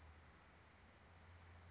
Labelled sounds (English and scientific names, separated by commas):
California Towhee (Melozone crissalis)